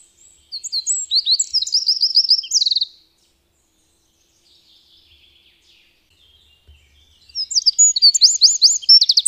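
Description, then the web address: Eurasian wren song: a rapid shrill phrase of twittering trills ending in a rattle, silence for several seconds, then another energetic high-pitched phrase begins. "agykontroll Madardalok Cd 1. Ökörszem"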